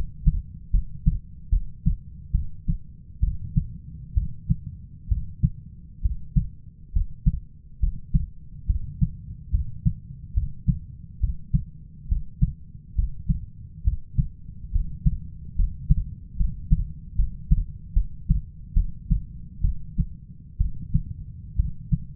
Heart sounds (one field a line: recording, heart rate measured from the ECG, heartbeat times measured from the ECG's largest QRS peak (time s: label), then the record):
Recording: heart sounds by stethoscope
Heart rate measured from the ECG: 69 bpm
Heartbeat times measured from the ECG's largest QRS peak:
0.71 s: heartbeat
1.49 s: heartbeat
2.32 s: heartbeat
3.20 s: heartbeat
4.14 s: heartbeat
5.08 s: heartbeat
6.01 s: heartbeat
6.92 s: heartbeat
7.79 s: heartbeat
8.66 s: heartbeat
9.51 s: heartbeat
10.34 s: heartbeat
11.20 s: heartbeat
12.08 s: heartbeat
12.95 s: heartbeat
13.83 s: heartbeat
14.72 s: heartbeat
15.55 s: heartbeat
16.36 s: heartbeat
17.15 s: heartbeat
17.93 s: heartbeat
18.74 s: heartbeat
19.61 s: heartbeat
20.57 s: heartbeat
21.56 s: heartbeat
From the record:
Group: healthy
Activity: rest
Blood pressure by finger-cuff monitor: 140/72 mmHg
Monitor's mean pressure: 91 mmHg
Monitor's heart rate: 69 bpm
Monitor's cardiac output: 5.7 L/min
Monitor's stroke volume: 83 mL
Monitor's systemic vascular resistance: 1160 dyn s/cm5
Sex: female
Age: 37 years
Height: 168 cm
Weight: 70 kg